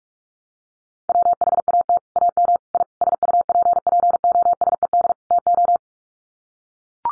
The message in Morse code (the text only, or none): WHAT AM I SUPPOSED TO